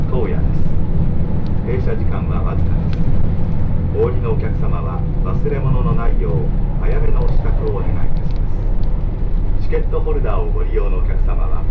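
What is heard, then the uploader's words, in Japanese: Inside a limited express train on the Muroran Main Line, a steady, deep running rumble fills the cabin throughout. Muffled voices speak over it in short stretches, near the start, from about four to seven seconds, and again near the end. 室蘭本線 特急北斗7号 長万部→伊達紋別。長万部からは再び特急を利用して東室蘭方面に向かいます。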